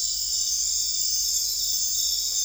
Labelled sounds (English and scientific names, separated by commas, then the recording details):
none
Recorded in dense forest near Puerto Asís, Putumayo, Colombia, on 20 December 2024 at 22:30
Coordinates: 0.482, -76.320
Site G021